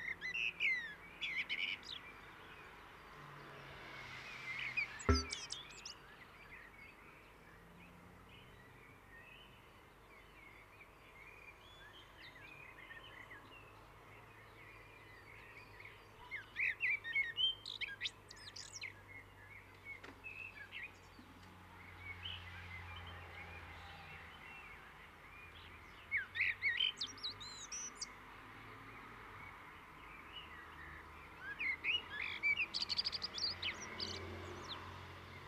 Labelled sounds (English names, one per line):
Common Blackbird song